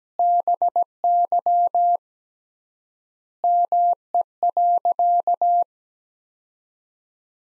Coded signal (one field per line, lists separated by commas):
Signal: Morse code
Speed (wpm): 17 wpm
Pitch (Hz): 700 Hz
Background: none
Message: BY ME.